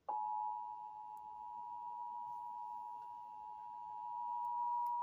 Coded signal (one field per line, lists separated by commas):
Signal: Emergency Alert System (SAME) tones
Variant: 853 and 960 Hz attention tone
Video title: EAS Alerts from July 30 - 31 2024 SWO KHB59 Beaver CH12